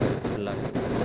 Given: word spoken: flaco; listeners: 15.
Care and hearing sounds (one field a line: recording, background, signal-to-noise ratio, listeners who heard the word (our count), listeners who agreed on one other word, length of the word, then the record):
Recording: one Spanish word in noise, from a listening test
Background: noise modulated by three-talker babble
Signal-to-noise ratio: -6.0 dB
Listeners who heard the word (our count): 0 of 15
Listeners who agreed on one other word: 6 of 15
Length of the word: 0.65 s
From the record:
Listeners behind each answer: 6, 4, 1, 1, 1, 1, 1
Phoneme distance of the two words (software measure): 20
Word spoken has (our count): 2 syllables, 5 phonemes, stress on syllable 1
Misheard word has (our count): 2 syllables, 5 phonemes, stress on syllable 1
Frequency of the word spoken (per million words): 8.60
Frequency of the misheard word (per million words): 30.42